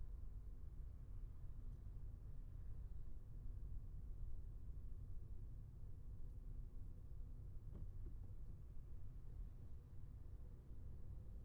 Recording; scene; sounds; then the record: everyday scene through a hearing-aid microphone; in a vehicle; engine, traffic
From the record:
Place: Skoda Fabia, gasoline engine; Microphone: behind the ear, left, front